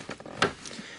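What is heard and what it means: A plastic trim clip is pressed down into the interior panel around the seat belt of a 2014 Ford Focus after the seat belt assembly is refitted. A few light taps come first, then a sharp snap at 0.4 s as the clip seats home.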